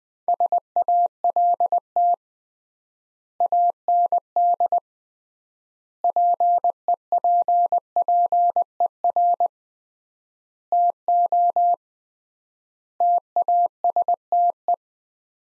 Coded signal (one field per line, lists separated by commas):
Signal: Morse code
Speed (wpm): 21 wpm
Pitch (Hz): 700 Hz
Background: none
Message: SALT AND PEPPER TO TASTE